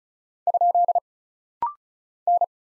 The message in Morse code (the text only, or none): ? N